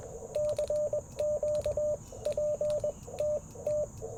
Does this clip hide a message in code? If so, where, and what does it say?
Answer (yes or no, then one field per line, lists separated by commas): yes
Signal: Morse code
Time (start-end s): 0.4-3.8 s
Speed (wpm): 20 wpm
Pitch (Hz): 600 Hz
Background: radio noise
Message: CQ PTT